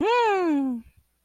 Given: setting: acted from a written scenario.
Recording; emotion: vocal sound without words; pride